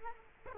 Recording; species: mosquito wingbeat signal from an infrared sensor; Culex quinquefasciatus